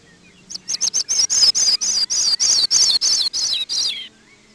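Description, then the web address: Sprague's pipit giving a rapid series of many high, thin jingling notes that slowly descend in pitch over about three and a half seconds, then stop. "Peterson North American Birds"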